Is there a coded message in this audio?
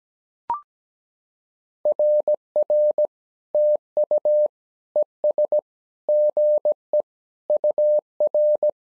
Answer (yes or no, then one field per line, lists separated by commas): yes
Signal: Morse code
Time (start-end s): 1.9-8.7 s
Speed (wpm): 17 wpm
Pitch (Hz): 600 Hz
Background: none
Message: RR TU ES GE UR